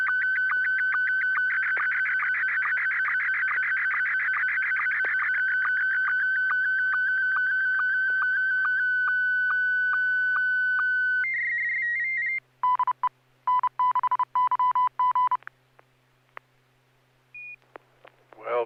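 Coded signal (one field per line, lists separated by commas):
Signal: SSTV (slow-scan television)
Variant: Scottie 1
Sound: warbling scanning tone with steady ticks, then a high tone and Morse-like beeps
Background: FM repeater hum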